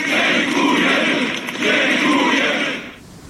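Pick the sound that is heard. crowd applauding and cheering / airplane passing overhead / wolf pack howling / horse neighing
crowd applauding and cheering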